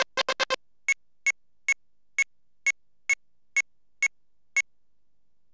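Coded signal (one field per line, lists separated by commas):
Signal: none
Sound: computer game sound beeps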